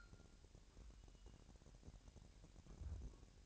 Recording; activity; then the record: daily activity, microphone in the room; take from stove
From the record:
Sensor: 2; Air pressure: 1011.9 hPa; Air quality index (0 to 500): 198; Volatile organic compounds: 3 ppm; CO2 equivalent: 1406 ppm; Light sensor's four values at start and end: 72/172/71/69 and 72/171/71/68